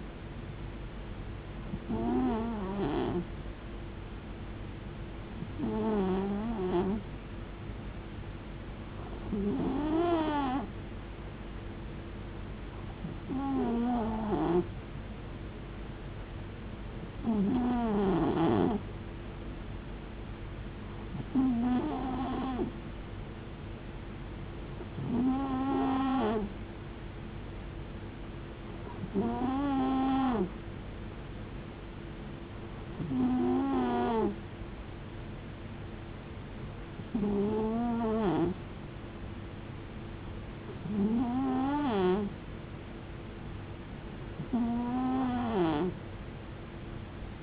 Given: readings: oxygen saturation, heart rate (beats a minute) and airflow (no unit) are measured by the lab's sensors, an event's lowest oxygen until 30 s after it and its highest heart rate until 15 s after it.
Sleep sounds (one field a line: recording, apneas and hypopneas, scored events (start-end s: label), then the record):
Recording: breathing in sleep by a voice recorder at the bedside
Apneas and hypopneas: none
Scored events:
none scored
From the record:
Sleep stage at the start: N2 (light sleep)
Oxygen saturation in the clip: 90 to 91%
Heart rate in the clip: 65 to 74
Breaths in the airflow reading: 14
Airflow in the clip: -4.4 to 4.2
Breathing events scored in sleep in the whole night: 389 in 6.3 hours asleep